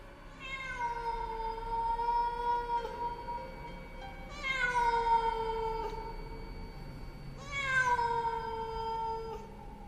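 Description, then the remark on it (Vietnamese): A cat perched on a household altar lets out three long, eerie yowls, each starting with a rising wail and then holding a drawn-out, wavering moan, with short pauses between them and no one speaking. “Đoạn nó ngồi chễm chệ ở trên ấy, nó đưa đôi mắt vàng khè khè, lạnh lùng nhìn xuống bên dưới, kêu lên mấy tiếng ghê rợn.”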